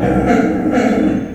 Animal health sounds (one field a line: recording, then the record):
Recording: squeal of a Yucatan mini pig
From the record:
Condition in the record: after surgery on the right vocal fold (resection and tissue-engineered implant)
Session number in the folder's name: 3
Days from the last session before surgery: 21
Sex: female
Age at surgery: 19 weeks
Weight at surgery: 25 kg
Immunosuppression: prednisolone